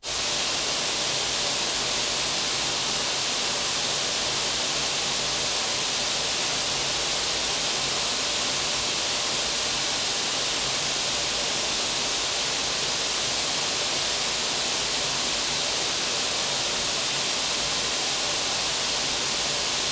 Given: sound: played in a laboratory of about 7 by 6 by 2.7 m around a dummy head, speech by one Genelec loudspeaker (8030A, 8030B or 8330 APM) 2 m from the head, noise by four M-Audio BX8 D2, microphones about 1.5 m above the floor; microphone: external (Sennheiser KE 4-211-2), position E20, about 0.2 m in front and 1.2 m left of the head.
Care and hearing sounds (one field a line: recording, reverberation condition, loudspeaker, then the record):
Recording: white noise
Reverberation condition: high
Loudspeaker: four, about 170 cm from the corners of the room and facing them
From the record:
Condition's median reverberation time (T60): about 1300 ms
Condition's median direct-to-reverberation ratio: about -4.0 dB